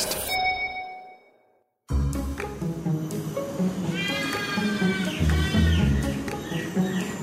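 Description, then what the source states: Trumpeter hornbill giving cat-like calls: drawn-out, nasal wails rich in harmonics, after a ringing chime and a brief silence. At Jurong Bird Park, Singapore.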